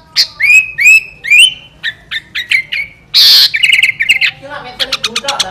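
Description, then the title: Sooty-headed bulbul song opening with three clear upward-sweeping whistles, then shorter chirps, a brief harsh burst, and a closing run of quick scratchy notes. "Kutilang"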